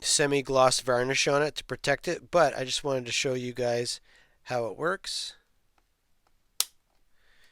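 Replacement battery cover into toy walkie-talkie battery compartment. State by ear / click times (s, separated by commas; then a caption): seated / 6.6 s. Someone talks, then a painted plastic replacement battery cover is pushed into the battery compartment of a 1984 GI Joe ARAH Mobile Field Unit toy walkie-talkie. It clicks into place with a single sharp snap at 6.6 seconds and is seated.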